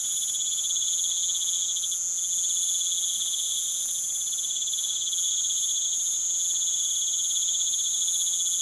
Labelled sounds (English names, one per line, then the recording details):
none
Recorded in pastures near Puerto Asís, Putumayo, Colombia, on 25 June 2025 at 19:30
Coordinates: 0.487, -76.322
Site H26